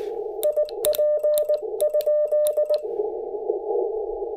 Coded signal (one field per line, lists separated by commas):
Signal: Morse code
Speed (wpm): 19 wpm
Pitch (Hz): 600 Hz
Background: none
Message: IP?